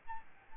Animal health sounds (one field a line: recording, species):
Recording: mosquito wingbeat signal from an infrared sensor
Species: Aedes albopictus